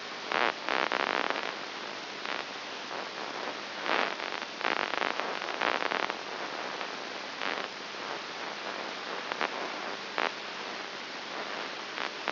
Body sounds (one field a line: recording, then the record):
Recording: brain microelectrode recording played as sound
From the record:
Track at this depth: inside the subthalamic nucleus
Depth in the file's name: 4.301 mm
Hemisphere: right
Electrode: 3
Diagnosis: Parkinson's disease